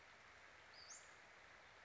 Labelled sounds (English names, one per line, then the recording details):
Western Flycatcher
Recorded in Sonoma County, California